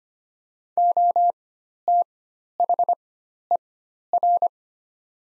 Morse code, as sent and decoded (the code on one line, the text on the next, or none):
--- - .... . .-.
OTHER